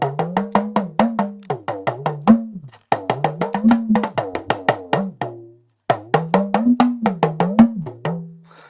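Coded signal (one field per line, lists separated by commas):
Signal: talking drum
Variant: Yoruba dùndún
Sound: quick wooden-toned drum strokes in three phrases, pitch sliding up and down like speech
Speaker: it's a talking drum is because it speaks, you know, like this is a Nigerian talking drum. And with the way they speak, you know, we speak in tones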